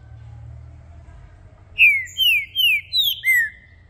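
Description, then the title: Green-winged saltator song: five loud whistled notes, each sliding downward, delivered in a quick even phrase after a quiet start with low background hum. Green-winged saltator (trinca-ferro) calling and singing, used to warm up a bird for singing contests; several song types. "ESQUENTAR Seu TRINCA Piando, Cantando E Macheando Na DISPUTA. Trinca Ferro VALENTE! VIRANDO VARIOS TIPOS DE CANTOS!! Melhor para ABRIR O CANTO!!"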